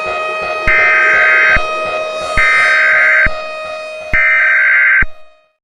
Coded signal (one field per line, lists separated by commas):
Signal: Emergency Alert System (SAME) tones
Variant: header bursts